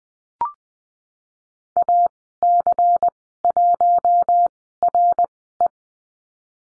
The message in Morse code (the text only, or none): AC1RE